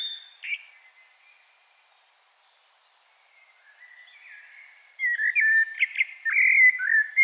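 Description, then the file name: Common blackbird song: a brief fluty note at the start, then a lively run of warbled, slurred whistles and twitters near the end. "Turdus merula"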